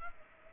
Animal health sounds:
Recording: mosquito wingbeat signal from an infrared sensor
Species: Culex pipiens

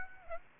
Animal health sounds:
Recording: mosquito wingbeat signal from an infrared sensor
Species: Aedes aegypti

